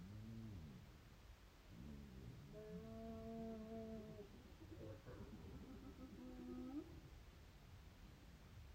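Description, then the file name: Hyena calls: drawn-out, level harmonic tones, with lower throaty notes at the start and a short rising cry near the end. "Hyenes"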